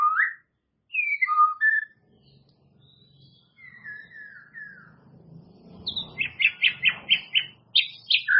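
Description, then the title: White-rumped shama song: separate whistled and slurred phrases, then a quick run of repeated sharp notes, over a low rumbling background. "murai batu"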